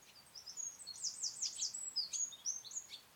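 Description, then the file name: Eurasian wren giving rapid, high, thin chirping notes and short trills in quick irregular bursts, fairly faint against a soft background hiss. "Troglodytes troglodytes"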